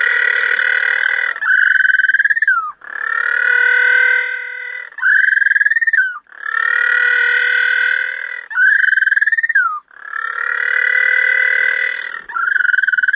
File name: 20091121 Little Penguin calls at St Kilda Breakwater